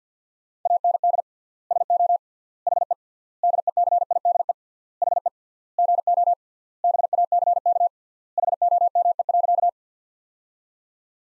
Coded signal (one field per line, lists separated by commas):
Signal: Morse code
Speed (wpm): 50 wpm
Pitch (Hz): 700 Hz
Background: none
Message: AND SO HE DECIDE HE GO BACK HOME.